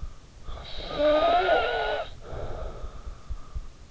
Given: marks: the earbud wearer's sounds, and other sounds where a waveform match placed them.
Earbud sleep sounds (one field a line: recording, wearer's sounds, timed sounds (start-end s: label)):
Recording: sounds in sleep by an in-ear microphone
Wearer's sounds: snoring breath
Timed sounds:
0.31-3.68 s: snoring breath